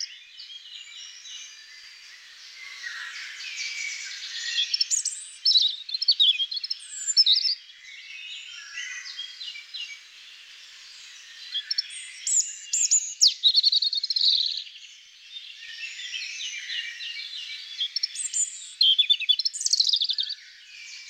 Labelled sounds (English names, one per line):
European Robin song